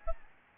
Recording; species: mosquito wingbeat signal from an infrared sensor; Aedes albopictus